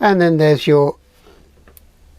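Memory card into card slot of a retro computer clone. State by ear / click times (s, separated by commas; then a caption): seated / 1.8 s. Someone talks for about the first second, then a microSD memory card is pushed into the spring-loaded card slot of a small ZX Spectrum clone board. A faint tick at 1.7 s is followed by a sharp, bright click at 1.8 s as the card seats in the slot.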